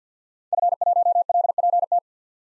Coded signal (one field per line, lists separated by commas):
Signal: Morse code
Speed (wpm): 50 wpm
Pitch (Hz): 700 Hz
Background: none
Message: F1LPT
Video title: 2023 POTA Activator Call Signs - 50wpm